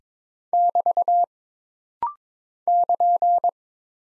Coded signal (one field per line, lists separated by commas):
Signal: Morse code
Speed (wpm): 23 wpm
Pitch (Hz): 700 Hz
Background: none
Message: <BT> <KN>